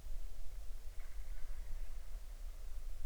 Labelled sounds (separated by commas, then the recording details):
bird
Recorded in the Arctic National Wildlife Refuge, Alaska, on 20 July 2019 at 02:56
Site 38